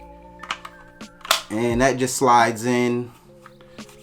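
A small battery pack is slid into the housing of a Godox ML60 LED video light, which has a locking latch, over steady background music. A few light taps and clicks lead to a sharp, loud click at 1.3 s as the pack seats and locks in. Someone then talks, and a couple of faint ticks follow near the end.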